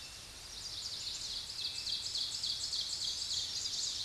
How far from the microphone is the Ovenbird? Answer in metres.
about 30 m